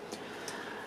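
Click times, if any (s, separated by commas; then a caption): none. A plastic circular part is fitted, arrow at the bottom, into the R2D2 model body, but it does not click into place again. Only a faint, soft sound is heard over a steady background hiss, so nothing has seated or clicked.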